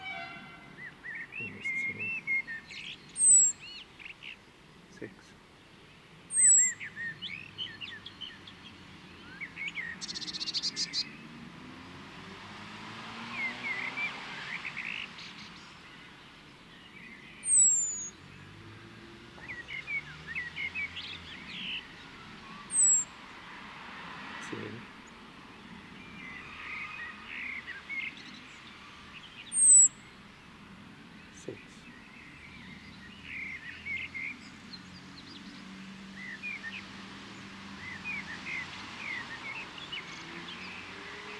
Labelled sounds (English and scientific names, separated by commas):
Common Blackbird (Turdus merula)